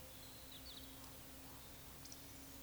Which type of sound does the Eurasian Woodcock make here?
whistle, croak